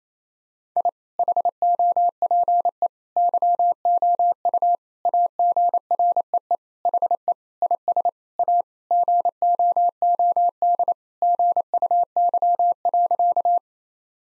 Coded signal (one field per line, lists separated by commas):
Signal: Morse code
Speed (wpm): 28 wpm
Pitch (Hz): 700 Hz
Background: none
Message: I HOPE YOU AGREE HE IS A GOOD GUY.